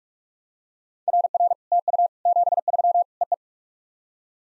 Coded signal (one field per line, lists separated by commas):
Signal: Morse code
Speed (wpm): 44 wpm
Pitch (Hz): 700 Hz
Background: none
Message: RR TU 73 EE